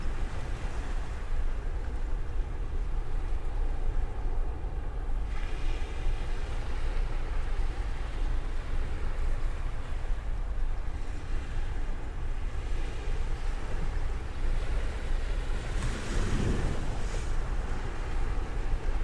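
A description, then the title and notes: Waves wash along the beach in a steady, dense rush with a strong low rumble underneath. The surf swells and eases without clear breaks, and a brighter surge of water rises around sixteen seconds. A faint engine-like drone may sit beneath it. The Sound of the Beach.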